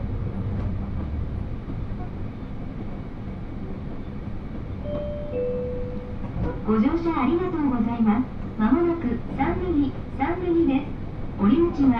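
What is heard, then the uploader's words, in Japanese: A ride on the Hōhi Main Line from Shin-Suizenji toward Higo-Ōzu, with a steady low rumble of the train throughout. Around five seconds a brief steady tone sounds, and from about six seconds a woman speaks in a continuous announcement over the running noise. 新水前寺から豊肥本線に乗って肥後大津まで移動します。なかなかの山道を登っていくのですが、821系車両はいとも簡単に進んでいきます。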